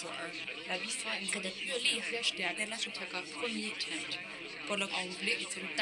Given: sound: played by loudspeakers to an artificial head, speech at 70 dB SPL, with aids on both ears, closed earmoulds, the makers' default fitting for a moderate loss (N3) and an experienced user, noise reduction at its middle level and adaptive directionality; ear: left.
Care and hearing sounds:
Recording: speech test signal (ISTS) in cocktail-party noise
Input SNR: +3 dB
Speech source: in front (0 degrees)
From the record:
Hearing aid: class 2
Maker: C

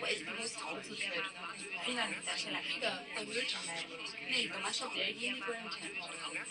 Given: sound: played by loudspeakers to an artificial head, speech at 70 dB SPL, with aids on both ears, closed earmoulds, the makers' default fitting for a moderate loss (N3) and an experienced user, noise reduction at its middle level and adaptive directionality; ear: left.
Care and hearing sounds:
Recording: speech test signal (ISTS) in cocktail-party noise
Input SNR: 0 dB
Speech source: on the right (90 degrees)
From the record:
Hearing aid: class 2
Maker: I

